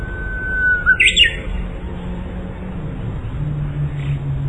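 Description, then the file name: Japanese bush warbler song: a long steady whistle that breaks into a quick, slurred flourish, over a low rumble. "uguisu"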